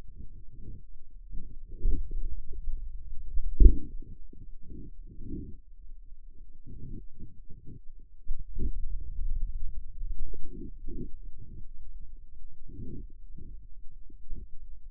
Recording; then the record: forearm muscle sounds (acoustic myography)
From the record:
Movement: inward rotation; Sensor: system 2, bracelet of six BSWA MPA416 microphones around the upper forearm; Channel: 6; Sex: male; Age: 22 years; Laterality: right